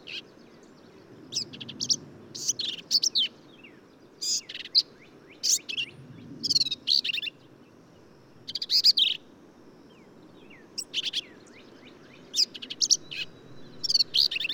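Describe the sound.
Black-capped vireo delivering many varied high phrases, buzzy chatters and quick sweeping notes in irregular bursts with brief pauses.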